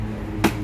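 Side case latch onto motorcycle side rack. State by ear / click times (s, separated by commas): seated / 0.4 s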